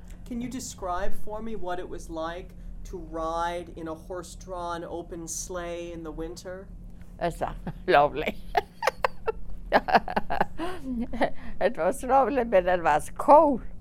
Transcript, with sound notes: Can you describe for me what it was like to ride in a horse-drawn open sleigh in the winter?
Lovely. ( she laughs ) It was lovely, but it was cold.